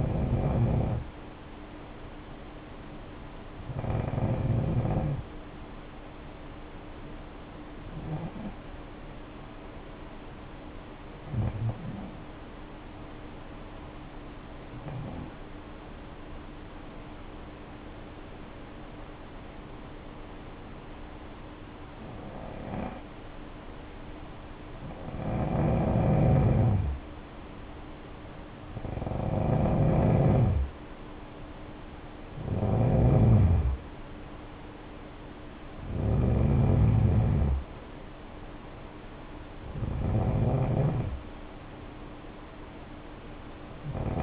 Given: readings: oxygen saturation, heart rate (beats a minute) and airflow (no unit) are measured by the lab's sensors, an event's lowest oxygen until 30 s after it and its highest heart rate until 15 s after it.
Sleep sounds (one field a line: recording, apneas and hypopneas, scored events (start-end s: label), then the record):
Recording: breathing in sleep by a voice recorder at the bedside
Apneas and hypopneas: 1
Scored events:
10.00-26.70 s: hypopnea (N2, oxygen 94% highest, then 86% lowest, heart rate 57 at the start, 67 highest)
From the record:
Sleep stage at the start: N2 (light sleep)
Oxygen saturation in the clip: 87 to 94%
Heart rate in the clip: 54 to 67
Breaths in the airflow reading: 11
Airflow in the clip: -6.9 to 6.6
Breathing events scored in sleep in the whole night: 520 in 7.2 hours asleep